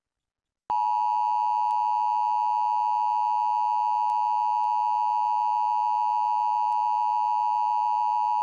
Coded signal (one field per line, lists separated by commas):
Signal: Emergency Alert System (SAME) tones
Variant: 853 and 960 Hz attention tone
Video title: [EAS #11] National Emergency Test on WGN-9 (August 11th, 2021)